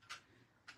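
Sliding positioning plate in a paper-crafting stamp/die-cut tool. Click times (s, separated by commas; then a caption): 0.7 s. A sliding positioning plate on a paper-crafting stamp-and-cut tool is moved into position until it locks. A brief bright burst is heard near 0.1 s, then a single short click at 0.7 s as the plate clicks into place and seats.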